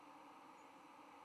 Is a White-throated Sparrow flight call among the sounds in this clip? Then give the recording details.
no. Another species' flight call is heard. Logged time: 08:28 on 10 November 2014